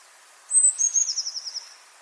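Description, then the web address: Eurasian blue tit giving one very high, thin phrase: two sharp introductory notes, then a fast, slightly descending trill of about ten notes lasting roughly a second. "cianscape. Deverinetal"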